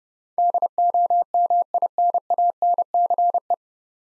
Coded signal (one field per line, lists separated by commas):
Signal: Morse code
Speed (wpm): 30 wpm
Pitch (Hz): 700 Hz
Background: none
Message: DOMINANCE